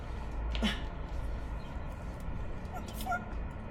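A torque wrench is tightening the differential drain/fill plug on an E46, set to click at its setting, but it fails to click. Over a steady low background hum there is a brief sharp burst around 0.6 s and a fainter one near 3.0 s. The wrench has not clicked yet.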